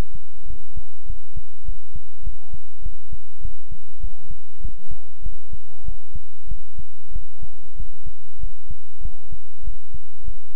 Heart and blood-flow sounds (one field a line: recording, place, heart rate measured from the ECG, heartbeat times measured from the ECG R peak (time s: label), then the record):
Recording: heart sounds by stethoscope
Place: between the tricuspid and mitral areas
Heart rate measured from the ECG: 98 bpm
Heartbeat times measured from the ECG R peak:
0.45 s: heartbeat
1.05 s: heartbeat
1.64 s: heartbeat
2.22 s: heartbeat
2.81 s: heartbeat
3.40 s: heartbeat
3.99 s: heartbeat
4.60 s: heartbeat
5.21 s: heartbeat
5.84 s: heartbeat
6.47 s: heartbeat
7.11 s: heartbeat
7.75 s: heartbeat
8.39 s: heartbeat
9.01 s: heartbeat
9.63 s: heartbeat
10.23 s: heartbeat
From the record:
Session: pedaling a stationary bicycle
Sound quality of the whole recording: good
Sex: male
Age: 24 years